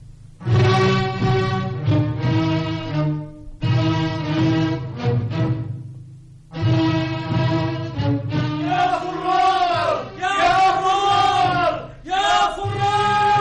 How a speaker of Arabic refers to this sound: سمعت هتاف أهل المدينة واستقبالهم لجيش مؤتة؟